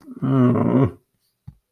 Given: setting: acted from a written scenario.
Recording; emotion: vocal sound without words; sadness